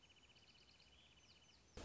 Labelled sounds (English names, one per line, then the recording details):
Wrentit
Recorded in Sonoma County, California